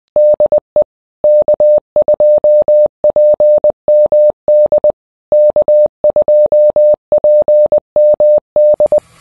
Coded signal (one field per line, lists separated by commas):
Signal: Morse code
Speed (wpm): 20 wpm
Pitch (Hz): 600 Hz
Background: none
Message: DE K2PMD K2PMD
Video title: Yeasu FT 710 EASY RTTY w FLDGI and N3FJP